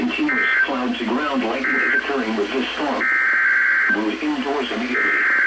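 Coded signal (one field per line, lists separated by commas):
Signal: Emergency Alert System (SAME) tones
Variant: header bursts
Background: speech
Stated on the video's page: Weather radio EAS alerts.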